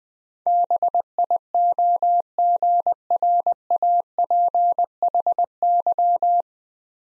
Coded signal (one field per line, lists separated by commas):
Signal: Morse code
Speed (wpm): 20 wpm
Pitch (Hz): 700 Hz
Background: none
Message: BIOGRAPHY